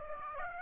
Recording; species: mosquito wingbeat signal from an infrared sensor; Aedes aegypti